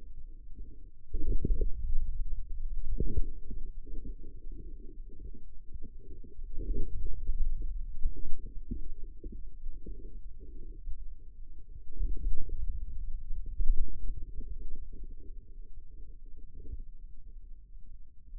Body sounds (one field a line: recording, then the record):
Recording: forearm muscle sounds (acoustic myography)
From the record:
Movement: inward rotation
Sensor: system 2, bracelet of six BSWA MPA416 microphones around the upper forearm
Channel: 6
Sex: male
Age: 22 years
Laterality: right